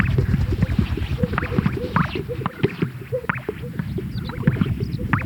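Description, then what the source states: Greater sage-grouse making busy low pops and swooping gulps, crowded and overlapping. Recorded at a lek.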